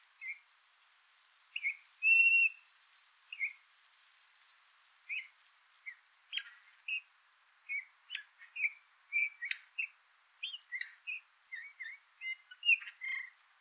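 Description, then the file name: Eurasian bullfinch calls: short soft whistled notes with a few longer piping tones, repeated irregularly throughout, with some clicky chips mixed in. "Pyrrhula pyrrhula"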